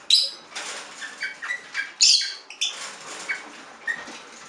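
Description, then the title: Budgerigar chatter, soft scratchy chirps and short whistled notes with a few louder squeaky bursts over a steady hiss. "Budgie Sounds"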